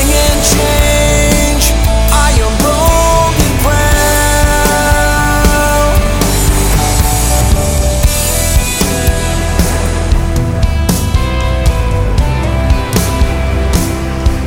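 Melodic rock music plays at a steady, full loudness, with sustained held notes that step up and change pitch, likely a lead voice or guitar over a thick band. A deep bass line and regular drum hits run throughout, with sharp bright accents recurring every second or two.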